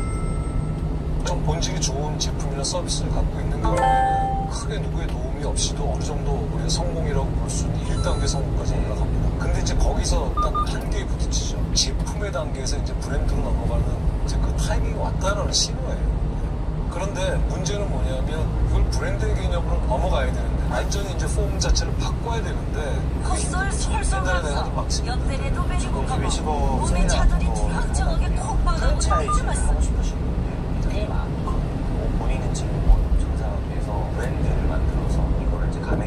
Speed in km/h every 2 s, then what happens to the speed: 32, 32, 32, 34, 35, 33, 32, 32, 33, 36, 38, 39, 39, 39, 39, 40, 42, 42.
0-15 steady at about 32. 15-20 speeds up to 38. 20-36 steady at about 39.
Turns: none.